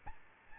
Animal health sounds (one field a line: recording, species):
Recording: mosquito wingbeat signal from an infrared sensor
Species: Aedes albopictus